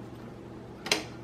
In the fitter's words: a push a little bit but there you go pops right into place